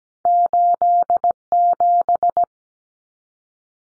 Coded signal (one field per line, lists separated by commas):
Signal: Morse code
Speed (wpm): 17 wpm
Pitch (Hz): 700 Hz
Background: none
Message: 87